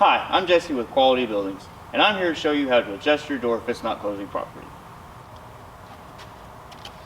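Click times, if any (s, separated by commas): none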